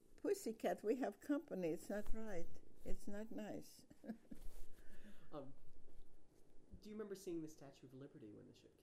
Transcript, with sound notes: Pussycat, we have company. Is that right? It's not nice. [chuckles]
Do you remember seeing the Statue of Liberty when the ship came in?